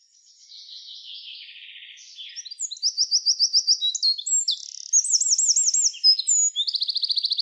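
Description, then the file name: Eurasian wren delivering an energetic high song that builds from a quiet run into loud rattling trills and ringing repeated notes. "Troglodytes troglodytes"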